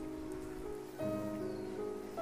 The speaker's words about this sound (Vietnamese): Cơn mưa rào rào gột sạch như sự náo nhiệt của thành phố Bắc Kinh, mưa bụi cuốn cảnh đêm bay mất, sớm chớp thi thoảng vang hội trong thành phố khuya đã rửa sạch vẻ hào nhoáng của thành phố này